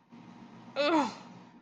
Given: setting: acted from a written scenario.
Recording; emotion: vocal sound without words; pain